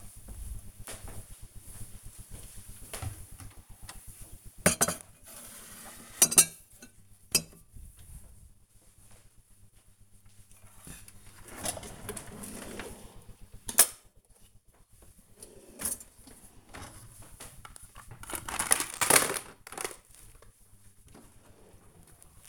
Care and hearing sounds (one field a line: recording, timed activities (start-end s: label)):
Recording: household activities, microphone on the right wrist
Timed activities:
0.00-22.49 s: putting away the dishes